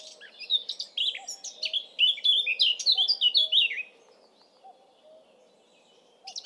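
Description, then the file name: Eurasian blackcap song: a rich, fast warbling phrase of varied whistled and chattering notes lasting about three seconds, then quiet before another phrase begins, with a faint low hum behind. "Sylvia atricapilla"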